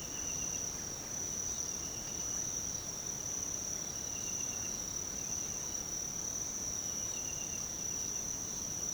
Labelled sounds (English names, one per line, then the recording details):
none
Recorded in pastures near Puerto Asís, Putumayo, Colombia, on 13 March 2025 at 06:00
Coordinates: 0.486, -76.323
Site G075